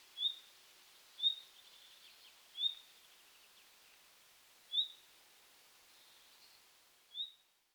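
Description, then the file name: Common nightingale: faint, high whistled call notes repeated at uneven intervals, a few in all, against a low constant hiss that fades out at the end. "Luscinia megarhynchos"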